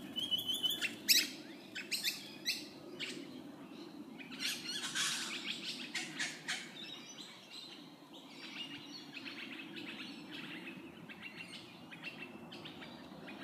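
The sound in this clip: Bird calls: bright, quick high tweets in irregular clusters, loudest early then fading, over a steady low hum.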